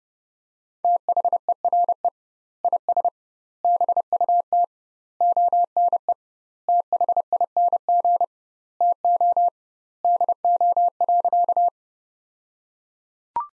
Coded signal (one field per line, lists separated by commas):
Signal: Morse code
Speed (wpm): 30 wpm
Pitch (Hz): 700 Hz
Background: none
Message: THERE IS BUT ONE THING TO DO.